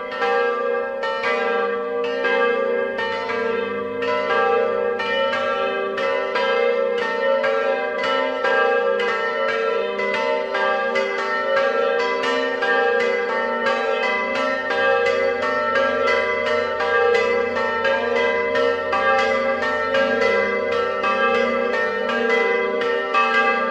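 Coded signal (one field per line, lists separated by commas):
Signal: bell signal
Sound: several church bells swinging and striking continuously, overlapping peals with ringing hum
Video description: Battiore e distesa delle tre campane maggiori (dura 2 minuti) delle 17:30 per la Messa prefestiva delle 18:00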